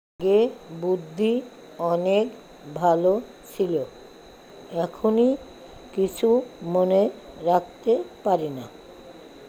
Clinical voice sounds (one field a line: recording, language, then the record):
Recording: elicited speech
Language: Bengali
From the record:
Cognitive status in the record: dementia